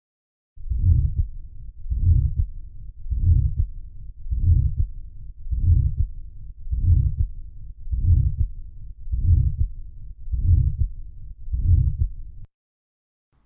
Aortic stenosis. A murmur that sounds a bit like burr dub.